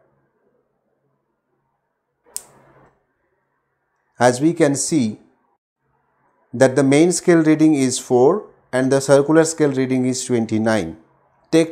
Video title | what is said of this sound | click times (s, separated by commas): Screw gauge experiment class 11- How to use and read micrometer - Least count of micrometer [EP 2] | and rotate the ratchet gently until a click sound is heard | 2.4 s